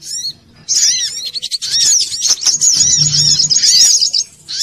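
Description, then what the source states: Little spiderhunter song: a short opening chirp, a pause, then a continuous high, rapid chatter with arched notes and a brief low hum. Bird-training (masteran) song.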